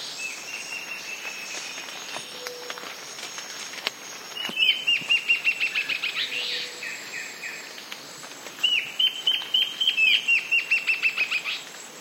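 Antbird duet: a faint series of whistled notes, then two louder series of rapid, repeated short whistled notes, over background hiss.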